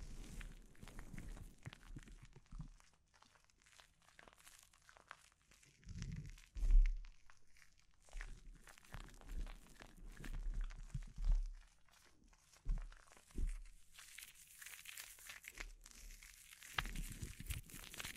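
A scalp treatment: dense, irregular crinkling and rustling scratches continue throughout, with bright crisp textures. Occasional soft, low thumps and louder swells occur around 6–7 and 11 seconds, and the sound grows brighter and busier near the end.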